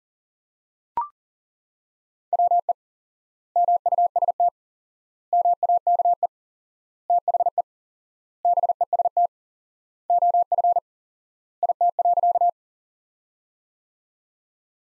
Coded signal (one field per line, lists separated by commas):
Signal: Morse code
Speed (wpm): 40 wpm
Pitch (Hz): 700 Hz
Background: none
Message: WE MUST MAKE THE BEST OF IT.